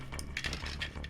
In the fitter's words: this up it locks into place